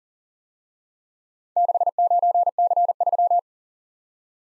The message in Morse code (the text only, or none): 69C3